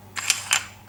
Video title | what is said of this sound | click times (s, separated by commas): Sig Sauer "1911" 22.lr Pistol | It slides back in, clicks into place. | 0.3 s, 0.5 s